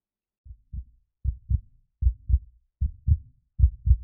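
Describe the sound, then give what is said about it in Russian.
A steady heartbeat thumps alone, each beat a low, muffled lub-dub pair, repeating evenly about five times at a calm resting pace with nothing else around it. “Он стал слушать удары сердца.”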